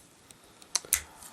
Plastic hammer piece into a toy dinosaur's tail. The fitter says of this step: So there you go, locks into place,